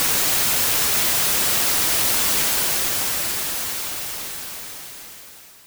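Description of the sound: Steady, bright hissing noise with little low rumble, holding level for about three seconds and then fading out smoothly. It is a generated sample of tinnitus frequency therapy noise, not a body sound.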